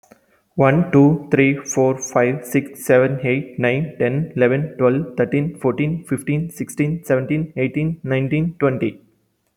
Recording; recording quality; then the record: counting at a fast pace; excellent, no background noise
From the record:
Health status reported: healthy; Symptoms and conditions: none ticked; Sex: male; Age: 31 years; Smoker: not ticked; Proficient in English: yes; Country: India